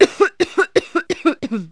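A rapid run of about five coughs in under two seconds from an adult. Each is a sharp burst followed by a short voiced tail, giving a harsh, hacking double-beat rhythm.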